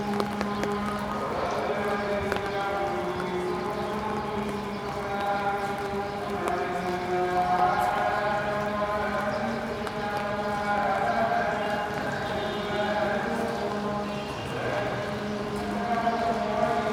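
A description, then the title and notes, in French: A muezzin's call to prayer rings out in Cairo, long drawn-out sung notes rising and bending throughout. Beneath it, rain drums steadily and densely on an umbrella overhead, a constant close patter with scattered sharper drops. Séquence sonore enregistrée au Caire sous un parapluie pendant une averse et alors que retentit l'appel à la prière du muezzin.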